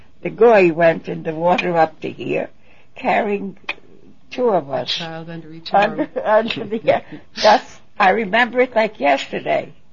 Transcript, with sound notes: The goy went in the water up to here, carrying two of us.
A child under each arm.
( she laughs ) Under, yes. That's, I remember it like yesterday.